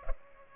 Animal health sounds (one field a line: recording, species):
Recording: mosquito wingbeat signal from an infrared sensor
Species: Culex pipiens